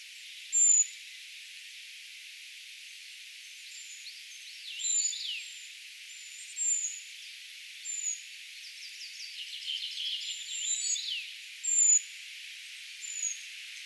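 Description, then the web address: Eurasian treecreeper calls, scattered high, thin squeaks with several louder notes, plus a falling whistle and a soft rattling chatter from another bird. Brood of young calling, recorded 4 June 2025; identification given as tentative. "paivat 4 6 2025 tietaakseni puukiipijapesueen aantelya"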